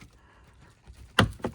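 A plastic trim panel is pulled off a Kia EV9 during a hitch and trailer wiring installation, starting on one side and unzipping it so its retaining clips pop out of their slots in the vehicle body one after another. A sharp pop at 1.2 s is followed by a second, softer pop around 1.5 s over a quiet background. The clips release and the panel comes free.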